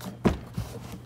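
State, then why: Not seated. A trim piece is pushed toward its mounting hole in the car body during an LED tail light installation. A short knock is heard at about 0.3 s, then softer bumps near 0.6 s and 0.9 s. Nothing has seated or clicked yet.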